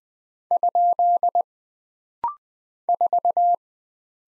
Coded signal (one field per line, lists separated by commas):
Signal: Morse code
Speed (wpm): 20 wpm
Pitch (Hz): 700 Hz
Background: none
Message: ? 4